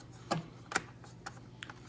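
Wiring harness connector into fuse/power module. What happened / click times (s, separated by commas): The connector snapped into place / 0.8 s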